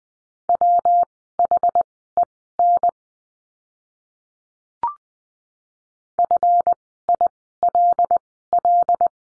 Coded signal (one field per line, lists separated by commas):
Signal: Morse code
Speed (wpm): 20 wpm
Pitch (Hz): 700 Hz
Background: none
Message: WHEN FILL